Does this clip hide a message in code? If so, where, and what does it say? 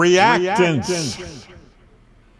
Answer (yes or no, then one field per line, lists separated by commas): no